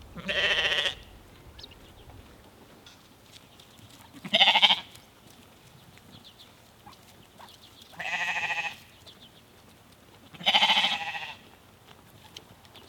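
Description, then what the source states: Sheep bleats: four separate bleats, varying in loudness, with quiet gaps between them. Sheep from a small herd in Norway.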